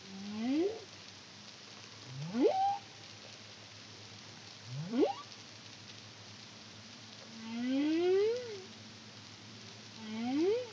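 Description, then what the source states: Humpback whale song: a sequence of several upsweeping whoops and arched, rising moans, over a low hum and hiss. Song recorded in the Caribbean under the CARIMAM project in 2023.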